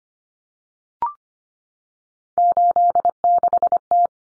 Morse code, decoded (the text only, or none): 86T